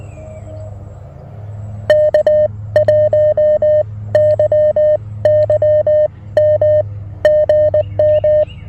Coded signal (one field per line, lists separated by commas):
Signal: Morse code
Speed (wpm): 19 wpm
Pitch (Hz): 590 Hz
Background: music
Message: K1YYM GM